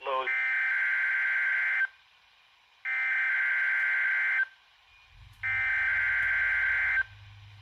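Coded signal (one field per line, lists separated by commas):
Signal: Emergency Alert System (SAME) tones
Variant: header bursts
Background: speech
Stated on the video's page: Missouri annual tornado drill alert received on a NOAA weather radio, alongside outdoor sirens.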